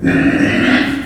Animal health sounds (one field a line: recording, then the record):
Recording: squeal of a Yucatan mini pig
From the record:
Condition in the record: after surgery on the right vocal fold (resection and tissue-engineered implant)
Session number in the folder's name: 4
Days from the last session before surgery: 26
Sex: female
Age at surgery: 19 weeks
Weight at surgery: 25 kg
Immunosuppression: prednisolone